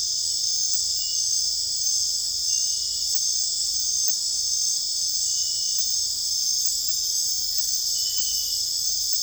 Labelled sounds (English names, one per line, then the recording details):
none
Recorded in secondary vegetation near Puerto Asís, Putumayo, Colombia, on 21 December 2024 at 20:00
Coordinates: 0.484, -76.319
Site GP06